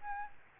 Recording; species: mosquito wingbeat signal from an infrared sensor; Aedes albopictus